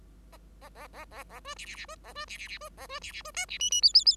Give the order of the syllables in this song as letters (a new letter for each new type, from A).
A A A A A A B C C C B A B C C C B A B C C B D C E E F F F